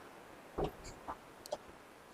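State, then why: Not seated. A door leaf bolt on the second leaf of a steel double door is handled against the steel door frame, to latch that leaf so the door can be used as a single leaf. A few short knocks and taps are heard at about 0.6, 1.1 and 1.5 seconds over a low steady background. The bolt has not gone home yet, and nothing has seated or clicked.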